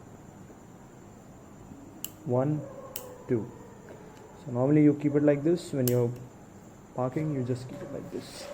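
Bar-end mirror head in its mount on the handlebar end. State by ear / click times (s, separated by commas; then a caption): seated / 2.0 s. A bar-end mirror head in its mount on the handlebar end of a Continental GT 650 motorcycle is folded into one of its two detent positions. A sharp click is heard at 2.0 s, and someone talks before and after it. The mirror clicks into place and is seated.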